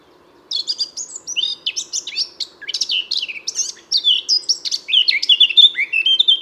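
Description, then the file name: Eurasian blackcap song starting after half a second of quiet, a quick scratchy warble of varied notes with brief pauses, ending in clearer whistled phrases; low hum behind. "Sylvia atricapilla"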